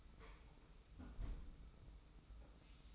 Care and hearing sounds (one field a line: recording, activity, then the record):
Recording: daily activity, microphone in the room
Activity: close fridge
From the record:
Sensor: 1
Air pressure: 991.1 hPa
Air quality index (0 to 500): 111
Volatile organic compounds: 111 ppm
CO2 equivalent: 3826 ppm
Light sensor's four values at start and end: 21/50/21/23 and 21/50/21/23